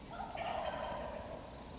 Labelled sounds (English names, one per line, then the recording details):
Wild Turkey
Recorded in Sonoma County, California